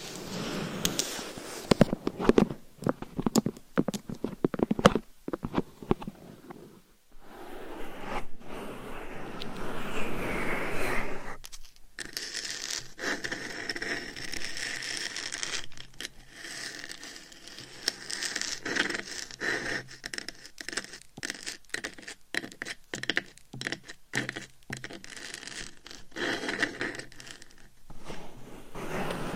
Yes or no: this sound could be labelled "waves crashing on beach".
no